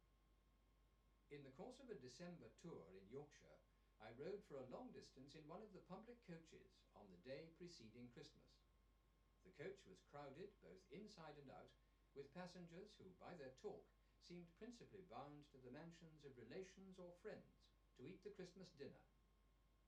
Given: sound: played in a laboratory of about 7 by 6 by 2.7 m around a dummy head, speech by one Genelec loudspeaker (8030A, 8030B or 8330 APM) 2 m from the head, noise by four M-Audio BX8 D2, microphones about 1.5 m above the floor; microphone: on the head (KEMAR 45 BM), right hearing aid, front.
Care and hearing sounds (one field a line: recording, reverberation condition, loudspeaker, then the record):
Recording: male speech in English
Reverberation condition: low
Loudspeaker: 30 degrees to the left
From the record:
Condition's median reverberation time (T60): about 310 ms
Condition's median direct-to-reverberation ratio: about 3.5 dB